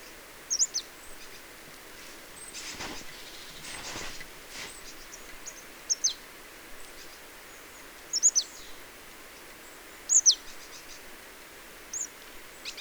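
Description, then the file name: Marsh tit calls: quick, sharp high notes in short bursts at irregular intervals, about two seconds apart in the second half, over soft background hiss. "Poecile palustris"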